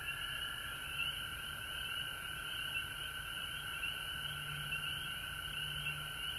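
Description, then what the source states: Frogs call as a continuous trilling chorus, even in pitch and loudness, against a steady hiss and a low humming drone. Recorded at home in Georgia on March 19, 2020.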